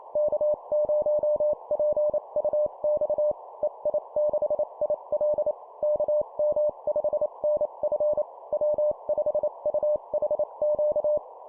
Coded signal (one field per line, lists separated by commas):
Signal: Morse code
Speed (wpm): 28 wpm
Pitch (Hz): 600 Hz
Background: none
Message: K0PUX EI6IL KM5NF W5UHQ